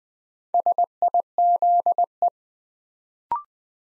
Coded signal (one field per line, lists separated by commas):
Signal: Morse code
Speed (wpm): 20 wpm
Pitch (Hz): 700 Hz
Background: none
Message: SIZE